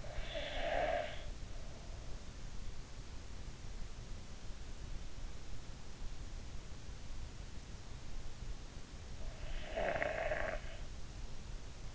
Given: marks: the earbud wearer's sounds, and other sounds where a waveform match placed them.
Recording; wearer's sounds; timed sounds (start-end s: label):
sounds in sleep by an in-ear microphone; breath
0.00-2.48 s: breath
9.66-11.95 s: breath